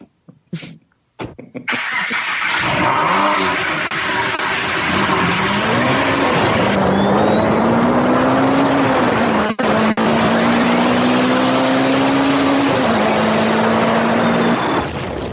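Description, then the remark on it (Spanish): A couple of sharp clicks, then a car engine roars to life and revs loudly, its pitch climbing and dipping as it accelerates away in a steady, continuous drone with no talking. “Pues venga, voy a subirme al coche que me está hablando este hombre raro.”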